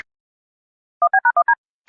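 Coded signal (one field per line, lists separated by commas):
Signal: DTMF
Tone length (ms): 80 ms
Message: 1B#1D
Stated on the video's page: EAS alerts captured during a Texas statewide tornado drill, mostly civil SAME codes such as CEM, LAE, LEW, CDW.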